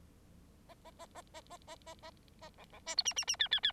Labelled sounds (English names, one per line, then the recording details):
Bengalese Finch song
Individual Bird9